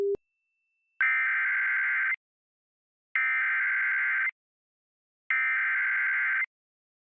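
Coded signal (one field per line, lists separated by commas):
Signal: Emergency Alert System (SAME) tones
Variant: header bursts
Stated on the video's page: EAS alert aired on a PBS television station during program breaks.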